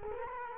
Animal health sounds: mosquito wingbeat signal from an infrared sensor; Culex quinquefasciatus

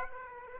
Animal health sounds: mosquito wingbeat signal from an infrared sensor; Aedes aegypti

